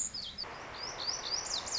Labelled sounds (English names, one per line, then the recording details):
Lazuli Bunting
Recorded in Sonoma County, California